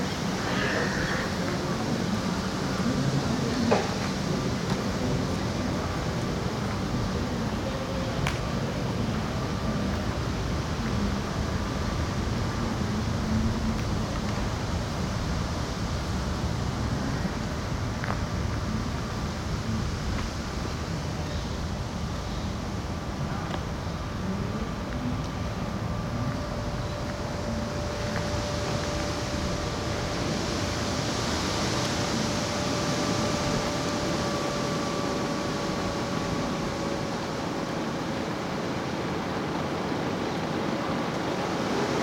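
Ground sounds and structural resonances form a dense, steady rumble that stays heavy in the low end throughout. Faint sustained tones hum above it, one gliding slightly lower after the midpoint, while sparse sharp ticks and knocks occur every few seconds.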